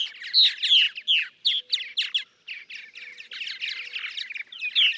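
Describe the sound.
Purple martin song: rich gurgling notes and raspy chortles delivered in quick bursts, a short lull midway, then rambling chatter again.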